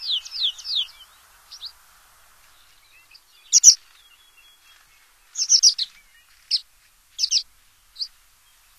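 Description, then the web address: American pipit: a quick series of high chirped notes, then scattered sharp high notes and short bursts after a long quiet gap. Recorded in North America. "Songs of Birds of North America Stokes. American Pipit"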